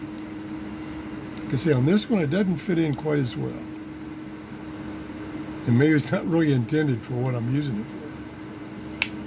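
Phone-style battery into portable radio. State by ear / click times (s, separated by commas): seated / 9.0 s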